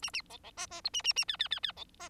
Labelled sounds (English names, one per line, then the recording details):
Bengalese Finch song
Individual Bird4